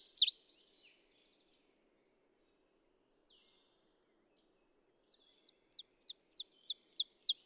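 Ovenbird song: a quick series of sharp, high repeated notes that grow steadily louder toward the end, after a brief loud chirp at the start and a long quiet gap.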